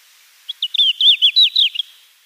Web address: Schulze Peter Red-flanked Bluetail song